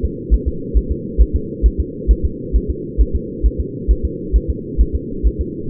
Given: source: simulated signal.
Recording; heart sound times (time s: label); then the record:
fetal heart sounds
0.05 s: S2
0.34 s: S1
0.48 s: S2
0.77 s: S1
0.92 s: S2
1.22 s: S1
1.36 s: S2
1.66 s: S1
1.80 s: S2
2.11 s: S1
2.25 s: S2
2.56 s: S1
2.70 s: S2
3.01 s: S1
3.15 s: S2
3.46 s: S1
3.60 s: S2
3.91 s: S1
4.05 s: S2
4.36 s: S1
4.50 s: S2
4.81 s: S1
4.95 s: S2
5.27 s: S1
5.41 s: S2
From the record:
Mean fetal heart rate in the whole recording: 135 bpm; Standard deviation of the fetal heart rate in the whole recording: 3 bpm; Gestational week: 34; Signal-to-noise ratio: -4.3 dB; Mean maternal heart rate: 72 bpm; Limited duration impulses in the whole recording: absent